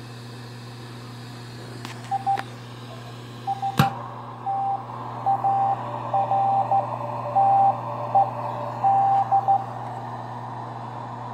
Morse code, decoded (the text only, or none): I STARTED